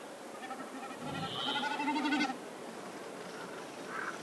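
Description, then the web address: Common snipe producing a short quavering, pulsed bleat that rises in loudness and ends abruptly, over a noisy background with a faint later sound. "Голоса птиц Бекас"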